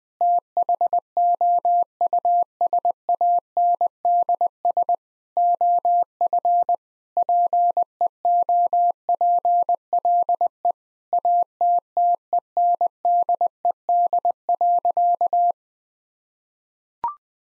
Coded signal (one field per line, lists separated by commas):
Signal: Morse code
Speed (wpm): 20 wpm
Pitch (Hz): 700 Hz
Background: none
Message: THOUSANDS OF PEOPLE ATTENDED.